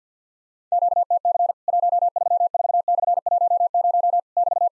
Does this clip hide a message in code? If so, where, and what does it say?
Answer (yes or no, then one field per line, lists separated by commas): yes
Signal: Morse code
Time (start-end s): 0.7-4.7 s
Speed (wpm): 52 wpm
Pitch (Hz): 700 Hz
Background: none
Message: QTC 134/10 <BT>